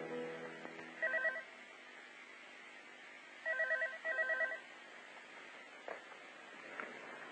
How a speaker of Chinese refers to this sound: 八点钟的时候，我又被电话声吵醒。